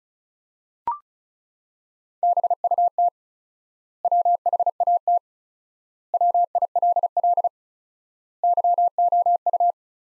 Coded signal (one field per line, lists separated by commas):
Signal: Morse code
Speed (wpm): 36 wpm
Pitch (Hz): 700 Hz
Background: none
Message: BUT WHAT WILL YOU